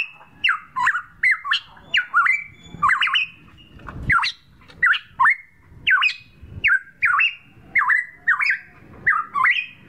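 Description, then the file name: Straw-headed bulbul singing rich, liquid whistles that dip and rise steeply, short phrases following each other steadily, with soft low thumps beneath. Training song for caged birds, known in Indonesian as masteran. "suara masteran cucak rotan"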